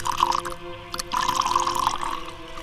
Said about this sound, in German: Gieß mir auch ein. Einen Schluck vor dem Gang in die Unterwelt.